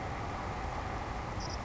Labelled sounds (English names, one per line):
Savannah Sparrow